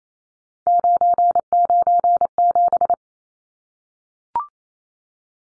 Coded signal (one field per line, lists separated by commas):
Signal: Morse code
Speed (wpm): 28 wpm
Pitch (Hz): 700 Hz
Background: none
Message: 997